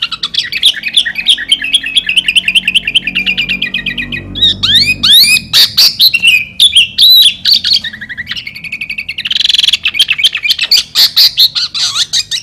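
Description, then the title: Sooty-headed bulbul song: fast rattling trills of repeated notes, then sweeping squeaky whistles and a hurried, scratchy chattering finish. Kutilang; a 'master' recording in the 'sangar' style with a 'halilintar' voice. "Kutilang Master Gaya Sangar Suara Halilintar"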